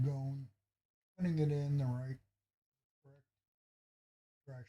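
A memory module is lined up in the correct direction over a laptop slot before being pushed down, while someone talks in short bursts separated by silence. No click is heard, and the module has not seated yet.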